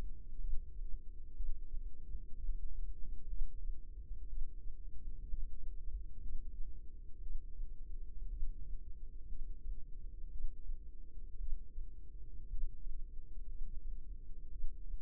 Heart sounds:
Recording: heart sounds by microphone in the left ear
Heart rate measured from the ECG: 60 bpm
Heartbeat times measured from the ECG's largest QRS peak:
0.40 s: heartbeat
1.35 s: heartbeat
2.35 s: heartbeat
3.28 s: heartbeat
4.28 s: heartbeat
5.29 s: heartbeat
6.21 s: heartbeat
7.21 s: heartbeat
8.29 s: heartbeat
9.27 s: heartbeat
10.31 s: heartbeat
11.39 s: heartbeat
12.49 s: heartbeat
13.47 s: heartbeat
14.51 s: heartbeat
From the record:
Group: healthy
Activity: rest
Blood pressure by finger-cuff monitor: 87/55 mmHg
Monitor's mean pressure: 64 mmHg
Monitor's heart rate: 59 bpm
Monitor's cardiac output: 4.5 L/min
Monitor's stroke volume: 76 mL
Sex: female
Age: 36 years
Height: 163 cm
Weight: 88 kg

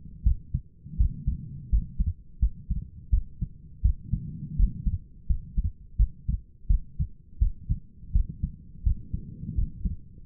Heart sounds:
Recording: heart sounds by stethoscope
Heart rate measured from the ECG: 84 bpm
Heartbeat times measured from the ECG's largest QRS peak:
0.24 s: heartbeat
0.98 s: heartbeat
1.70 s: heartbeat
2.40 s: heartbeat
3.11 s: heartbeat
3.83 s: heartbeat
4.57 s: heartbeat
5.27 s: heartbeat
5.97 s: heartbeat
6.68 s: heartbeat
7.40 s: heartbeat
8.13 s: heartbeat
8.84 s: heartbeat
9.56 s: heartbeat
10.24 s: heartbeat
From the record:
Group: healthy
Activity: rest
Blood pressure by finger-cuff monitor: 124/77 mmHg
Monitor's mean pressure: 92 mmHg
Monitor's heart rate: 83 bpm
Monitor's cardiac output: 6.6 L/min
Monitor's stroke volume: 79 mL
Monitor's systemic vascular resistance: 1020 dyn s/cm5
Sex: female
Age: 37 years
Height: 168 cm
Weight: 70 kg

